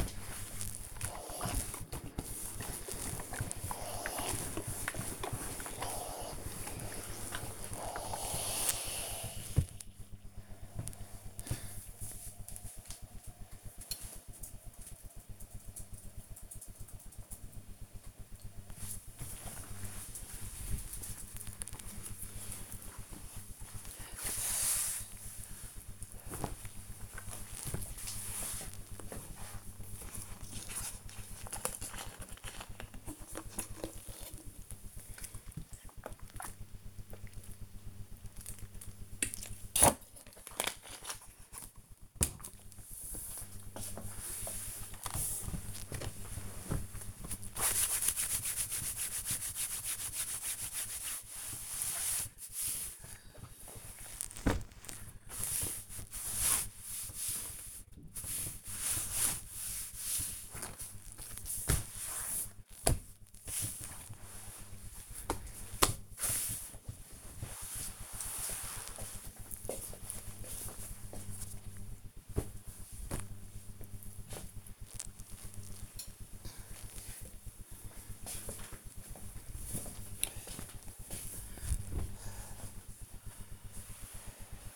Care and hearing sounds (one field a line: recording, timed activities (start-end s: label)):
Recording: household activities, microphone on the right wrist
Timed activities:
0.00-13.24 s: ironing laundry
17.25-67.52 s: folding laundry
31.31-42.37 s: drinking
74.56-84.76 s: ironing laundry